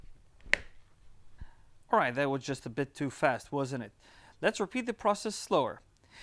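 A Cardo Scala Rider Freecom 4 motorcycle intercom unit is snapped quickly into its plastic helmet-mounted cradle, giving a single sharp click at 0.5 s as it seats. Afterwards someone talks.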